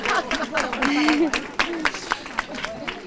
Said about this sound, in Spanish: Sí, señor. No, vamos a ir aplaudiendo cada uno.